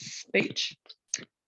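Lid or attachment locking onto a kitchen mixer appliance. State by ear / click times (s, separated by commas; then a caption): seated / 1.1 s. Someone talks while fitting a part, possibly the lid, that comes with the Thermomix kitchen machine onto the appliance during a cooking demo. A sharp click is heard at 1.1 s as the part locks into place as an extra safety feature.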